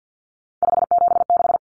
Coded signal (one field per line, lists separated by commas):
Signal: Morse code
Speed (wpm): 50 wpm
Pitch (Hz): 700 Hz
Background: none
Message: 576